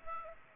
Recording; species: mosquito wingbeat signal from an infrared sensor; Aedes aegypti